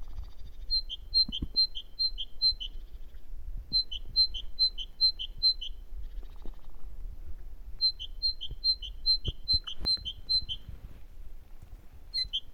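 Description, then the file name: Great tit singing in short bursts of several quick two-note phrases, separated by pauses, over a quiet background. "Parus major"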